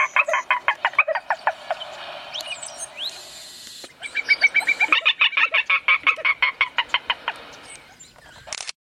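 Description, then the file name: Speckled rail song: fast series of short, sharp notes in two bursts separated by a pause. "Canto do pinto dagua carijo"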